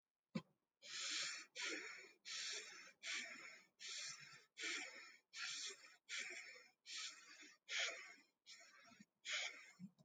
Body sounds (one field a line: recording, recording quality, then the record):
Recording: shallow breathing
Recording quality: excellent, no background noise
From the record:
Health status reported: healthy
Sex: male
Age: 32 years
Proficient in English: yes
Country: India